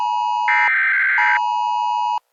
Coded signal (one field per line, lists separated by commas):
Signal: Emergency Alert System (SAME) tones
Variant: header bursts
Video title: EAS scenario: alligator attacks